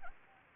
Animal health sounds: mosquito wingbeat signal from an infrared sensor; Anopheles gambiae

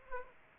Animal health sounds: mosquito wingbeat signal from an infrared sensor; Aedes aegypti

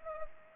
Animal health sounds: mosquito wingbeat signal from an infrared sensor; Culex pipiens

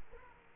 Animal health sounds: mosquito wingbeat signal from an infrared sensor; Culex quinquefasciatus

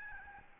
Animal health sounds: mosquito wingbeat signal from an infrared sensor; Aedes albopictus

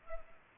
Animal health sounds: mosquito wingbeat signal from an infrared sensor; Culex pipiens

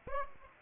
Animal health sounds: mosquito wingbeat signal from an infrared sensor; Aedes aegypti

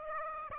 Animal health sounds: mosquito wingbeat signal from an infrared sensor; Aedes aegypti

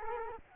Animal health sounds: mosquito wingbeat signal from an infrared sensor; Culex quinquefasciatus

